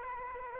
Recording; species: mosquito wingbeat signal from an infrared sensor; Aedes aegypti